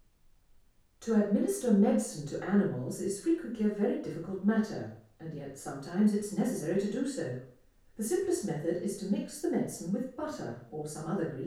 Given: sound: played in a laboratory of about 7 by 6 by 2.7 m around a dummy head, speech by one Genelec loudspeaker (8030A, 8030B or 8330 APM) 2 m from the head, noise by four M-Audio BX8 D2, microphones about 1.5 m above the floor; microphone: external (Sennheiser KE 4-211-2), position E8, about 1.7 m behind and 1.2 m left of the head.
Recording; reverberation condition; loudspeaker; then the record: female speech in English; medium; 120 degrees to the right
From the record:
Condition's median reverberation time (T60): about 510 ms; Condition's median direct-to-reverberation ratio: about -0.5 dB